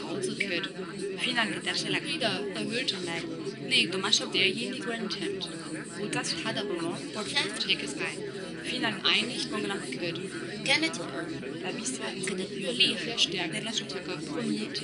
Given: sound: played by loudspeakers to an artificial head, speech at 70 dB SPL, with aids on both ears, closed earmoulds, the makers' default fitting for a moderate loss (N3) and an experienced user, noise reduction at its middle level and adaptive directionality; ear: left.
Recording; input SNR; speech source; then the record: speech test signal (ISTS) in cocktail-party noise; -6 dB; in front (0 degrees)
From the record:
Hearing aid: class 2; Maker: B